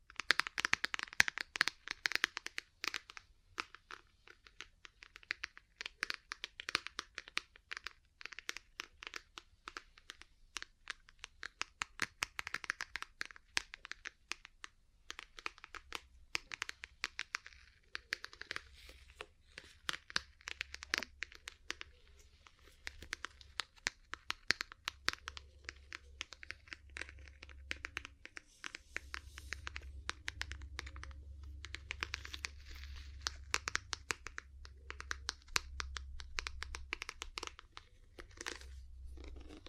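Ear cleaning and massage sounds: dense, crackly rubbing and scratching with rapid irregular taps running throughout, loudest in the opening seconds. From about 25 to 37 seconds a low, steady rumble joins underneath, like cupping over the ear, while the crinkly scratching continues on top.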